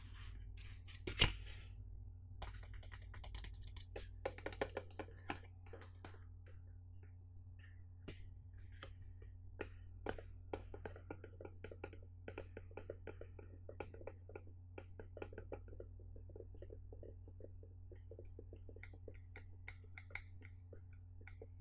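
Fingers tap and knock on a box in quick, uneven bursts over a steady low hum. A sharp, loud knock lands near the start, the taps bunch densely around the fifth second, then settle into lighter, fairly regular pattering to the end.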